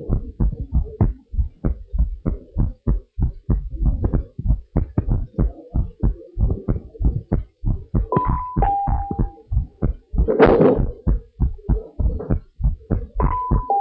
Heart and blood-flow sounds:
heart sounds of a pregnant woman by stethoscope
no fetal heartbeat
From the record:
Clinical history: abnormal fetal non-stress test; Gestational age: 36 weeks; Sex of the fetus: girl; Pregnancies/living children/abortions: 1/0/0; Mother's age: 25 years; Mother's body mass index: 30.9

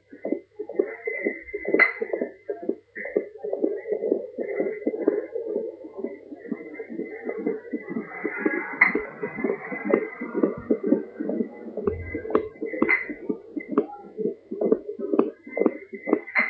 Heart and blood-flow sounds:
fetal heart sounds by stethoscope on the mother's abdomen
0.00-10.00 s: 126 bpm
10.00-16.50 s: 129 bpm
From the record:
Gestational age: 34 weeks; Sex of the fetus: girl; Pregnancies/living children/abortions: 3/2/0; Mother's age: 33 years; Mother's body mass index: 26.8

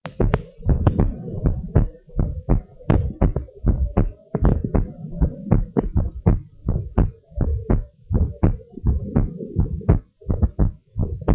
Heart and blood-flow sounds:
heart sounds of a pregnant woman by stethoscope
no fetal heartbeat
From the record:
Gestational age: 40 weeks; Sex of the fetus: girl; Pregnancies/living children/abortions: 2/1/0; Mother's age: 30 years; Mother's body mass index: 27.2

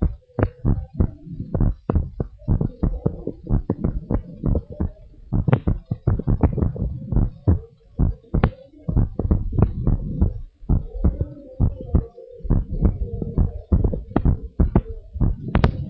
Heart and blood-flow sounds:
heart sounds of a pregnant woman by stethoscope
no fetal heartbeat
From the record:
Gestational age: 38 weeks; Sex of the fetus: boy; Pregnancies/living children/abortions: 2/1/0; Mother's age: 30 years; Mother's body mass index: 31.1

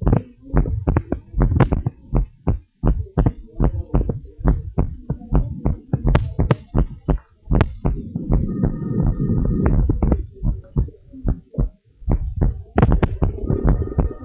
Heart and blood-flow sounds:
heart sounds of a pregnant woman by stethoscope
no fetal heartbeat
From the record:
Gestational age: 40 weeks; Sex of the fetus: boy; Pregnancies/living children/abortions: 1/0/0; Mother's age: 27 years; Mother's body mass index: 25.5

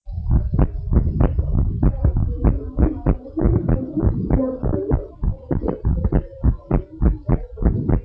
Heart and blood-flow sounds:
heart sounds of a pregnant woman by stethoscope
no fetal heartbeat
From the record:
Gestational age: 32 weeks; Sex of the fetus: twin girls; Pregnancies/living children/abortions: 1/0/0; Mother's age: 20 years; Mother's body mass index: 25.0

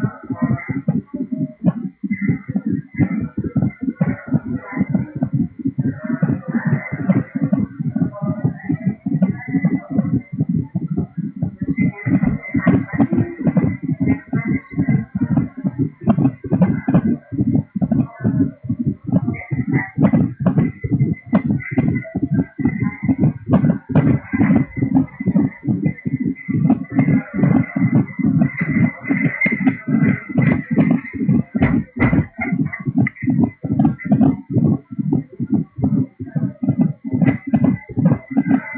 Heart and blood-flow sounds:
fetal heart sounds by stethoscope on the mother's abdomen
0.00-10.00 s: 136 bpm
10.00-20.00 s: 143 bpm
20.00-30.00 s: 144 bpm
30.00-38.78 s: 147 bpm
From the record:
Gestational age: 38 weeks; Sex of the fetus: boy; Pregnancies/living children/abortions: 2/1/0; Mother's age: 35 years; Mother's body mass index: 33.8

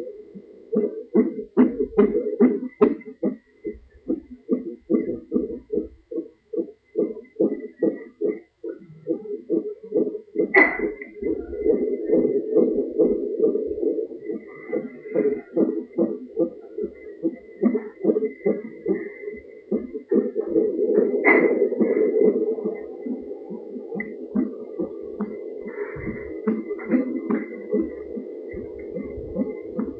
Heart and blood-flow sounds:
fetal heart sounds by stethoscope on the mother's abdomen
0.00-10.00 s: 144 bpm
10.00-20.00 s: 140 bpm
20.00-30.00 s: 148 bpm
From the record:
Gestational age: 38 weeks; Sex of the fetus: girl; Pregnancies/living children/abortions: 2/1/0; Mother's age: 27 years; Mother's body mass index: 38.1

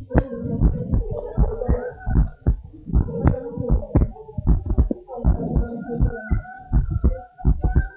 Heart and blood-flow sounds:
heart sounds of a pregnant woman by stethoscope
no fetal heartbeat
From the record:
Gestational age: 38 weeks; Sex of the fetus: girl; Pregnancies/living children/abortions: 1/0/0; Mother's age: 33 years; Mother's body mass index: 25.8

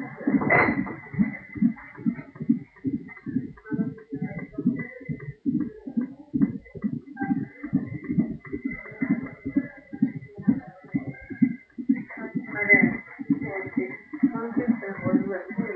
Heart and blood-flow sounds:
fetal heart sounds by stethoscope on the mother's abdomen
0.00-10.00 s: 137 bpm
10.00-15.76 s: 135 bpm
From the record:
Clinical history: preeclampsia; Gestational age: 34 weeks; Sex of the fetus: boy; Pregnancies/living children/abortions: 1/0/0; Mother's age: 25 years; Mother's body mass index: 26.3

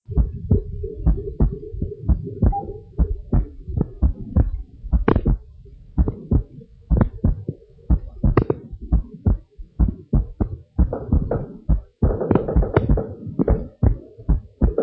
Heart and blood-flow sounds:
heart sounds of a pregnant woman by stethoscope
no fetal heartbeat
From the record:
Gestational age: 40 weeks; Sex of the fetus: boy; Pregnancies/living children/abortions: 1/0/0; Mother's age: 28 years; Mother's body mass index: 32.6

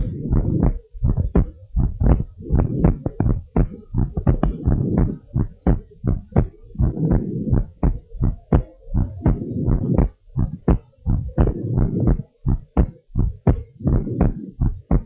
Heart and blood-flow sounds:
heart sounds of a pregnant woman by stethoscope
no fetal heartbeat
From the record:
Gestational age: 38 weeks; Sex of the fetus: girl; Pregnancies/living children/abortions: 2/1/0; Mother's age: 31 years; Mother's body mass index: 30.8

